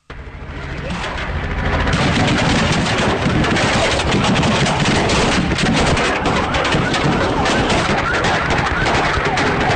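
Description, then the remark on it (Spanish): Automatic weapon fire from snipers shooting at peasants and police rattles in dense, rapid bursts, sharp cracking shots piling over one another almost without pause, loud and sustained over a rough wash of background noise. “Esa balacera que se escuchó eran todos armas automáticas que venían hechos por francotiradores que impactaron en campesinos y policías.”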